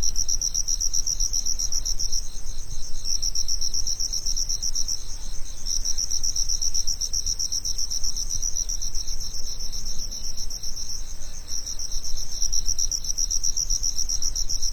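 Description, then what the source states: Cricket chirps in high, rapid pulse trains separated by short gaps around two, five and eleven seconds, with soft low rumbling throughout. Summer afternoon.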